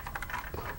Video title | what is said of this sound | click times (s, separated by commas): 1984 Cobra Rattler & Wild Weasel G.I. Joe review | this thing down it sort of locks into place with these two little grippers right there | 0.2 s